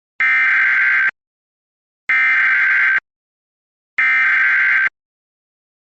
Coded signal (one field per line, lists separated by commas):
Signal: Emergency Alert System (SAME) tones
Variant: header bursts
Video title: EAS - Local Area Emergency